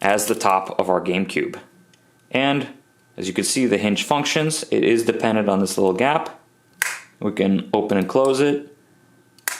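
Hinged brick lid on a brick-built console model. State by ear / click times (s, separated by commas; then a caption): seated / 9.5 s. Someone talks while the hinged top of a small plastic brick-built GameCube model is opened and closed, its hinge working over a small gap it depends on. The lid snaps shut with a sharp, satisfying little click at 9.5 seconds, seating closed on the body.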